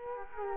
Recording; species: mosquito wingbeat signal from an infrared sensor; Culex quinquefasciatus